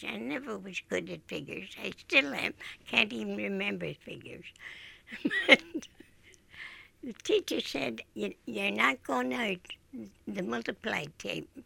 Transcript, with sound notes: I never was good at figures. I still am--. Can't even remember figures. [Laughs] The teacher said you're not going to the multiply table